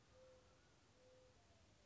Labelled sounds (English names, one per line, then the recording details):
Mourning Dove
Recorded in Sonoma County, California